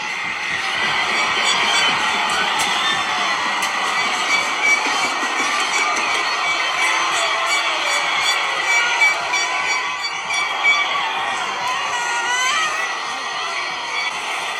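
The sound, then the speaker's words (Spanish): A large crowd cheers and shouts continuously in the street, celebrating just after a win, a dense, steady roar of many excited voices with whoops and screams rising above it, staying loud throughout. “Recién escuchaba un audio, un video veía, escuchaba ese audio, lo voy a pasar, del festejo, apenas ganamos.”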